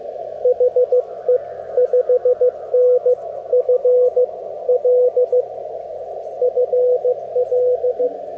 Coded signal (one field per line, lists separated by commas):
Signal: Morse code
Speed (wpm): 15 wpm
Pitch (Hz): 530 Hz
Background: radio noise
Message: HE 5N FL FL